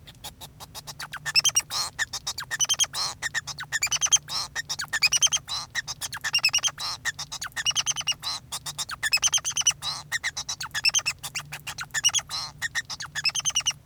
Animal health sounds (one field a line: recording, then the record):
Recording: song of a male Bengalese finch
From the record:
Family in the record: son of father 2